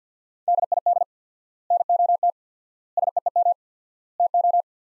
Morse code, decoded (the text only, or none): DID NOT SEEM TO